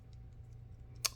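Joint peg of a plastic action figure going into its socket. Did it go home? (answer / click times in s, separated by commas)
yes / 1.1 s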